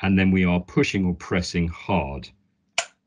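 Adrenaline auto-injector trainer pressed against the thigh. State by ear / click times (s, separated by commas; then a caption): seated / 2.8 s. An adrenaline auto-injector trainer is pressed hard against the thigh while someone talks. After a brief silence, the trainer fires with one sharp click at 2.8 s, confirming activation.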